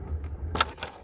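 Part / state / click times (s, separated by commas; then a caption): folding plastic seed tray cell closing onto its hinged partner / seated / 0.6 s. A folding plastic root-trainer seed tray cell is folded up and pressed shut onto its hinged partner so the sides snap together. A quick double snap is heard at 0.6 s and 0.6 s, followed by a softer tick at 0.8 s over a low background rumble. The tray clicks into place and is seated.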